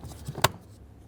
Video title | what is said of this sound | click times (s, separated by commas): How to Replace Cabin Air Filter 2008-2013 INFINITI G37 | and just snaps right into place you can almost see the cabin air filter sitting on top of those tabs | 0.5 s